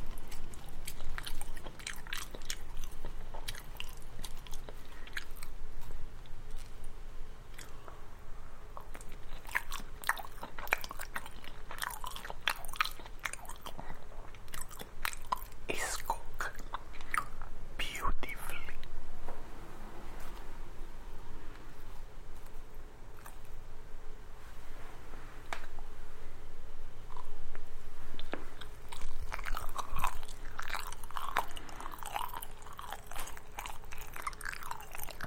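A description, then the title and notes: Mouth sounds, mostly wet clicks and chewing crunches, come in dense irregular bursts throughout, busiest around 10–18 seconds and again near 30. PASTA ASMR with ITALIAN ACCENT... Little Talk, Lot of mouth sounds!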